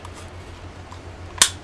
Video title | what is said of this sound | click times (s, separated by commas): Epic Drone Show – Mavic Air LIVE Discussion | once that piece is slid in then this just snaps down and it makes a reassuring snap sound so you know it's on there | 1.4 s